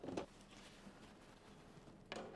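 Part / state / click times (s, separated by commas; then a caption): cutting board on the side accessory rail of a griddle / not seated / none. A cutting board is handled into the side accessory rail (Weber Works) of a Weber Slate griddle. A burst of handling noise near 0.2 s gives way to quiet, then sharp knocks at about 2.1, 2.4 and 2.5 s as the board is moved against the rail. Nothing has seated or clicked home yet.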